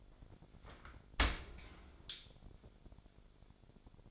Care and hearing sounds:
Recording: daily activity, microphone in the room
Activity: open dishwasher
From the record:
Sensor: 5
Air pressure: 1006.8 hPa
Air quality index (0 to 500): 188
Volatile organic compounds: 5 ppm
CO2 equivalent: 1788 ppm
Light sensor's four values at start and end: 53/148/58/59 and 54/150/59/60

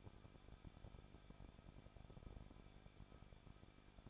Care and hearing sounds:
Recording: daily activity, microphone in the room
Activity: no activity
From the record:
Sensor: 5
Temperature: 20.8 degrees Celsius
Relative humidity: 38.3%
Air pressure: 1006.5 hPa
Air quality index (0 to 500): 190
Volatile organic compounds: 20 ppm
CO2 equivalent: 2679 ppm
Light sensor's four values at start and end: 2/3/1/1 and 2/3/1/1

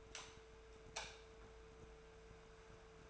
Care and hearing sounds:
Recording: daily activity, microphone in the room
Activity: light off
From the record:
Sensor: 2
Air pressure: 1014.4 hPa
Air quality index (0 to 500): 172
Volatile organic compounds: 11 ppm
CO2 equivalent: 2274 ppm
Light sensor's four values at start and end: 28/71/30/33 and 29/72/31/35

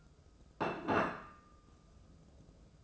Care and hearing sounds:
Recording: daily activity, microphone in the room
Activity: place plate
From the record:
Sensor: 2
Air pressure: 995.2 hPa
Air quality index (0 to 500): 61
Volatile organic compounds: 2 ppm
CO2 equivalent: 1022 ppm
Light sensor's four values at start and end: 14/47/18/17 and 14/46/18/17

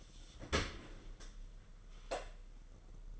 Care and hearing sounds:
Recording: daily activity, microphone in the room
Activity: open dishwasher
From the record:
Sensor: 4

